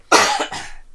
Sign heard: Coughing.